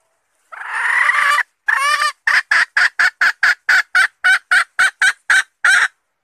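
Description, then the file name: Red junglefowl hen calling: two drawn-out harsh notes followed by a steady run of short, clipped clucks repeated about four times per second. Female red junglefowl calling to find a mate. "tieng ga rung mai keu tim kiem ban tinh"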